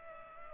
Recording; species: mosquito wingbeat signal from an infrared sensor; Culex pipiens